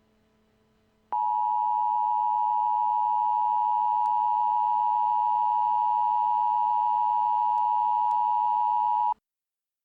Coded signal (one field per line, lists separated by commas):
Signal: Emergency Alert System (SAME) tones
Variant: 853 and 960 Hz attention tone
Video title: EAS Scenario: Detroit Industrial Fire